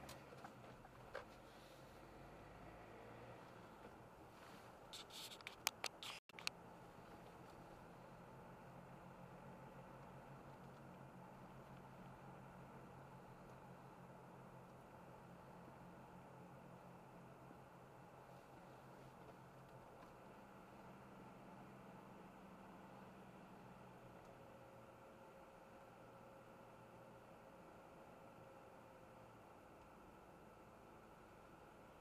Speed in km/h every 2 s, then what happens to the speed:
35, 44, 45, 47, 51, 50, 49, 49, 49, 48, 48, 45, 44, 44, 40, 40.
0-8 speeds up to 51. 8-20 steady at about 49. 20-28 slows to 40.